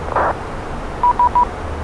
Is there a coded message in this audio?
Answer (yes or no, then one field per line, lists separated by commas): no